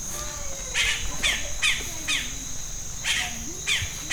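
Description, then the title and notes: Yellow-rumped cacique song: crisp, chirpy notes repeated about twice a second over a steady insect drone. Bird in Amacayacu National Natural Park, Amazonas, Colombia; mimics other birds, frogs and even a machete being sharpened. "Parque Nacional Natural Amacayacu, Amazonas, Colombia - Pájaro Arrendajo. Este pájaro imita a otras aves, ranas y hasta machete afilando"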